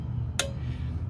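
A click-type torque wrench, held close to the microphone, is pulled again on the Gates 38191 belt tensioner bolt of a Ford F250/F350 7.3L diesel engine. A single sharp click comes at 0.4 s over a steady low background rumble. The bolt is confirmed torqued to 41 foot-pounds, and the tensioner is properly installed.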